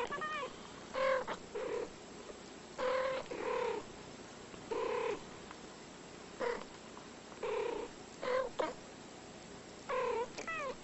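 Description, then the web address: Cat giving a series of repeated meows, some short and some drawn out, spaced irregularly from under a second to about two seconds apart, with quiet background hiss. "hayvanlar cats"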